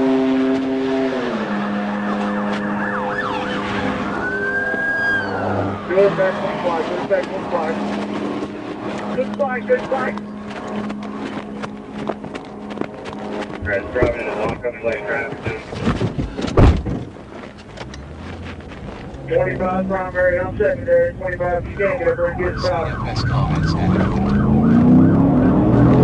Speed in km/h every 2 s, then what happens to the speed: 0, 0, 0, 0, 0, 0, 0, 0, 0, 10, 16, 37, 55.
0-17 standing. 17-26 pulls away to 55.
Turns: 18-21.